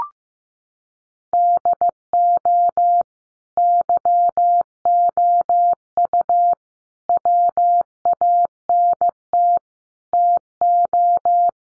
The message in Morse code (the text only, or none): DO YOU WANT TO